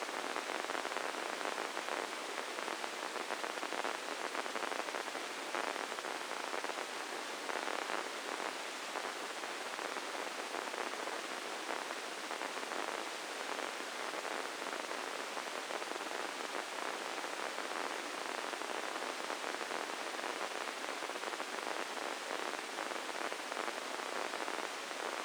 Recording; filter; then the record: brain microelectrode recording played as sound; spike band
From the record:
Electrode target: subthalamic nucleus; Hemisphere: left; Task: reaching with the right hand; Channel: 1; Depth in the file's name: 4.826 mm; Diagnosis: Parkinson's disease